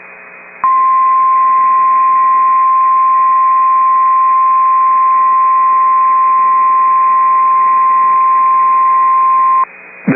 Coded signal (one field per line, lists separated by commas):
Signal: Emergency Alert System (SAME) tones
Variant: 1050 Hz attention tone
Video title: Tornado Warning (9/14/25) [EAS #320]